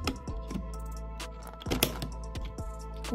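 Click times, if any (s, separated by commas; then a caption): 1.8 s. A DDR5 memory stick is pushed down into a motherboard DIMM slot over a steady musical background with faint tapping. A sharp snap at 1.8 seconds marks the retention clip latching, and the module is seated.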